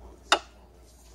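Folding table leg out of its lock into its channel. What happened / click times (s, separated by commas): The metal leg lock snapped out of its catch / 0.3 s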